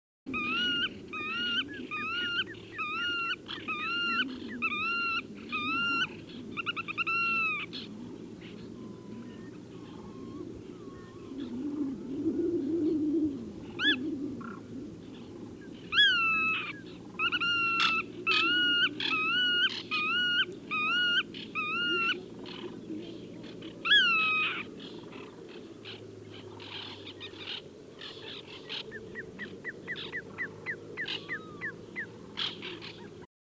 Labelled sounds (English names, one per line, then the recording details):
Demoiselle Crane call
Black-tailed Godwit call
Common Redshank call
White-winged Tern call
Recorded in the wild
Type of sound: call
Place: Chudjirt, MN
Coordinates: 47.013, 102.255
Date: 1979-06-06
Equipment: Nagra III BH, Sennheiser MD 21, parabola
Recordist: Schubert, Michael
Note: Warnen Uferschnepfen, Weißflügelseeschwalbe, Rotschenkel, Jungfernkranich